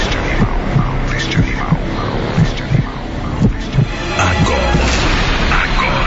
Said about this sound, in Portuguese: Preparem-se. Preparem-se. Sinta a poderosa batida do coração deste animal.